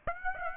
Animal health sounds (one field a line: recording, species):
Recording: mosquito wingbeat signal from an infrared sensor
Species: Aedes aegypti